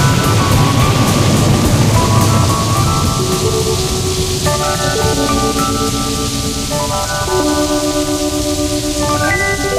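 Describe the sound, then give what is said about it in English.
Steady, hissing rain runs throughout, loud and unbroken, beneath slow sustained electric keyboard notes that shift from chord to chord. No voices. “Beh, entro in voce un pochino prima, così parlo sull'effetto pioggia.”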